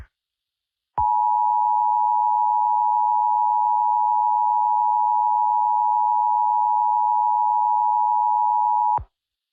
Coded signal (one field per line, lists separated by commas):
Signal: Emergency Alert System (SAME) tones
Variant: 853 and 960 Hz attention tone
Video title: EAS SCENARIO: Snowmen Invasion